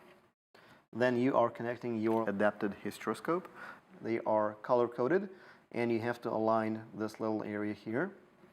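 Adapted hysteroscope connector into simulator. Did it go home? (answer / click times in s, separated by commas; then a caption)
no / none. Someone talks while handling the color-coded connector of an adapted hysteroscope, aligning it with a marked area to connect it into a simulator. Nothing has seated or clicked yet by the end of the clip.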